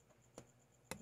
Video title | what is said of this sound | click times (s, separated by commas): AVON PRODUCT HAUL 2017!!!!(Hair straightener,Curler,Matte Lipstick) | naka-lock na siya guys pero Ano nak bukaka pa rin Ayan | 0.9 s